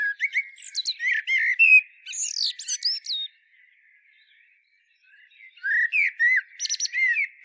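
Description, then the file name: Common blackbird song: a lively phrase of mellow whistles and high chirps, a silent pause, then another fluty phrase with thin trailing squeaks. "Turdus merula"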